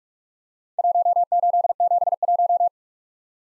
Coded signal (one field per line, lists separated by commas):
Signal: Morse code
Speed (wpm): 44 wpm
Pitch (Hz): 700 Hz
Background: none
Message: 1871